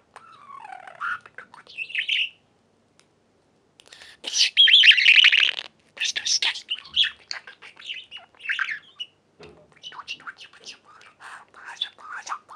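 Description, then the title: Budgerigar chatter: a falling whistled note, then a loud buzzy burst and rapid clicking, scratchy notes. "Budgie Sounds"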